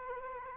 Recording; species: mosquito wingbeat signal from an infrared sensor; Culex quinquefasciatus